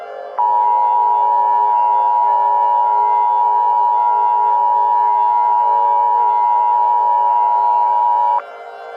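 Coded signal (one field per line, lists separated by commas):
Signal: Emergency Alert System (SAME) tones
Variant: 853 and 960 Hz attention tone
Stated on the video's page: Fictional remastered EAS scenario.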